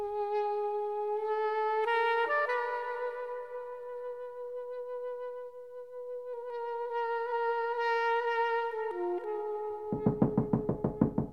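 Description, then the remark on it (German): A steady, sustained tonal drone plays for several seconds, then a quick run of about eight sharp, evenly spaced knocks on the door of a small shop cuts in at the very end. “Der Inhaber des kleinen Ladens saß mit seiner Frau vor dem Fernseher und es dauerte lange, bis sie das Klopfen hörten.”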